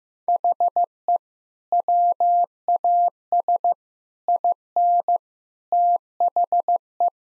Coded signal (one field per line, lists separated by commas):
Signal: Morse code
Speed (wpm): 15 wpm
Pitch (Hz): 700 Hz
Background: none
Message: HE WAS IN THE